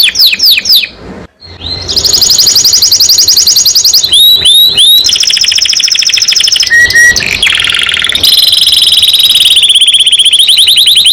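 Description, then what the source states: Domestic canary song: loud, high rolling trills and rapid downslurred notes switching between tours, with a brief pause near the start and a sharp whistled phrase midway. Domestic canary in gacor form, singing constantly; described as a first-place contest champion.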